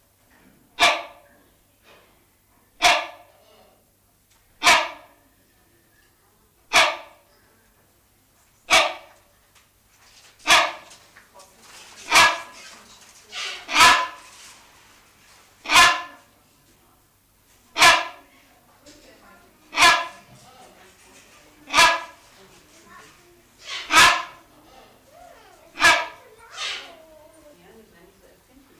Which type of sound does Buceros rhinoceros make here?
call